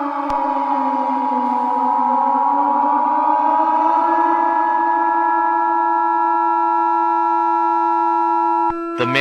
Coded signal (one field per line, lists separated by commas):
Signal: Emergency Alert System (SAME) tones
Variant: 853 and 960 Hz attention tone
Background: speech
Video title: "9/11" - A Historical EAS Scenario (#11)